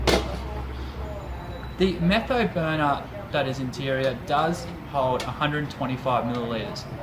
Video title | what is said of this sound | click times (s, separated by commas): Trangia Storm Stove Cooker Set Overview, Features & Review | You then take the base, you place it over the indentation, and give it a quarter turn, which then locks into place and makes it one solid unit. | 0.1 s